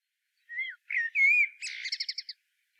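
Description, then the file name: Common blackbird song phrase: a short mellow fluted whistle, a warbled phrase, then a rapid series of thin squeaky twitter notes at the end. "Turdus merula"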